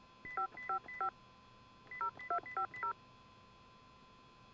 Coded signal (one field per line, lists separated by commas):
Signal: DTMF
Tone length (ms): 110 ms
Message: 555 0250